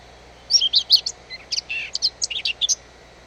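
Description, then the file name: Eurasian blackcap warbling song, a lively jumble of fast, high, scratchy and whistled notes lasting about two and a half seconds over faint background hiss. "Sylvia atricapilla"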